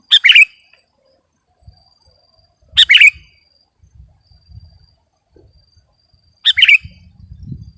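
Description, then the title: Sooty-headed bulbul song: three bubbly chirping phrases spaced about three seconds apart, with faint low knocks and a thin high tone behind. "kutilang"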